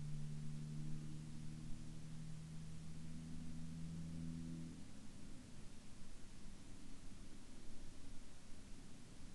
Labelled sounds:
aircraft
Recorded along the Dempster Highway, Canada, on 25 October 2019 at 17:21
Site 15

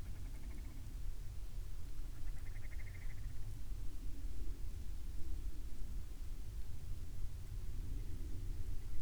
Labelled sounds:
grouse or ptarmigan
rain
aircraft
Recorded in the Prudhoe Bay oil fields, Alaska, on 13 May 2019 at 02:07
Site 21

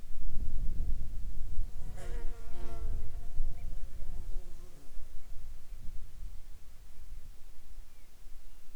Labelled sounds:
wind
insects
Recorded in the Arctic National Wildlife Refuge, Alaska, on 16 July 2019 at 15:00
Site 41

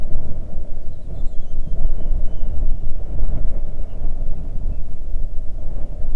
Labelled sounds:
songbird
wind
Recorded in the Arctic National Wildlife Refuge, Alaska, on 3 June 2019 at 05:20
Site 37

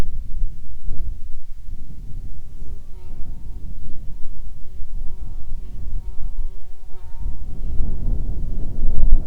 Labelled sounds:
wind
insects
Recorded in the Prudhoe Bay oil fields, Alaska, on 10 July 2019 at 14:14
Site 14

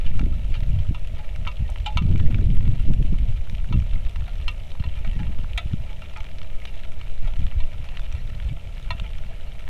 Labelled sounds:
wind
rain
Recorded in the Arctic National Wildlife Refuge, Alaska, on 3 August 2019 at 09:32
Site 46

